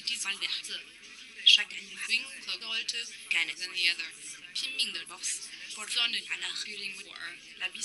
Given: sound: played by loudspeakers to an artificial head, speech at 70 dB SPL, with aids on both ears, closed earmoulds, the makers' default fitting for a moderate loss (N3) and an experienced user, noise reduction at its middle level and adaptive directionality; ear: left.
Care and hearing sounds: speech test signal (ISTS) in cocktail-party noise; +3 dB; in front (0 degrees)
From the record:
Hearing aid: class 2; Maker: J

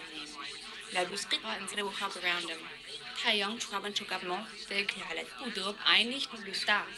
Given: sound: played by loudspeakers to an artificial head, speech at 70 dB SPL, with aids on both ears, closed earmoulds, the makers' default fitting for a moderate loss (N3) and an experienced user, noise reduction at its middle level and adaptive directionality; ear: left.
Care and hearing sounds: speech test signal (ISTS) in cocktail-party noise; +3 dB; in front (0 degrees)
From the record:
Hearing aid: class 1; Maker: E

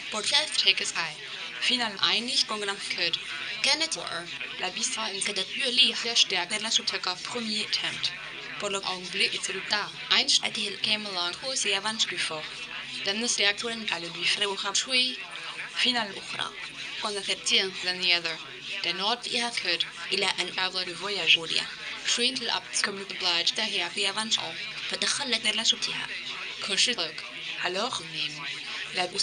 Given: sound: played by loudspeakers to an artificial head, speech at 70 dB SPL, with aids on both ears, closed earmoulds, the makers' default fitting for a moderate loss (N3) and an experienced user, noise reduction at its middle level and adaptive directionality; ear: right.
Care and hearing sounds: speech test signal (ISTS) in cocktail-party noise; +9 dB; on the right (90 degrees)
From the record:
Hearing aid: class 2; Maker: A

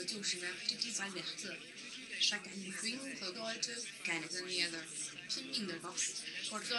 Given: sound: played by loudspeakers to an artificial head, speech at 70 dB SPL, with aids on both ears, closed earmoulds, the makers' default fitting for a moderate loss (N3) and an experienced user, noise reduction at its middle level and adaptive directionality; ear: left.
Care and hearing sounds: speech test signal (ISTS) in cocktail-party noise; +6 dB; on the right (90 degrees)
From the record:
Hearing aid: class 1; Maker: H

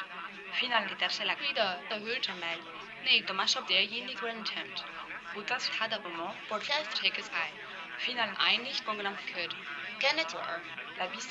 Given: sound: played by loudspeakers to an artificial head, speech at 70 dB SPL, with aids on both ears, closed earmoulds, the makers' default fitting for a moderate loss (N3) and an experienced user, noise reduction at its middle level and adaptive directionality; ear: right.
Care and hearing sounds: speech test signal (ISTS) in cocktail-party noise; 0 dB; on the right (90 degrees)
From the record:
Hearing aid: class 1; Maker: F

